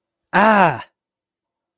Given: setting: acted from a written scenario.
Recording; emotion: vocal sound without words; pain